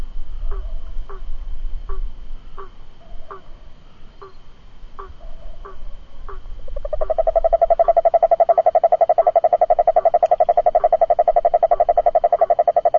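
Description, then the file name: Cururu toad: several seconds of short, clucking two-part notes repeated regularly, then a loud, steady pulsed trill. "Rhinella icterica"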